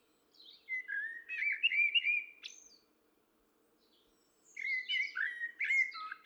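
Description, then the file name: Common blackbird song: two mellow, fluting warbled phrases, each ending in higher squeaky twitters, separated by a quiet pause, over a faint steady low hum. "Turdus merula"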